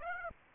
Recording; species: mosquito wingbeat signal from an infrared sensor; Aedes aegypti